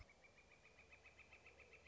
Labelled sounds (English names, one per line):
Northern Flicker